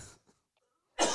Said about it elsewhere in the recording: A cough attack. You could hear that on my mic.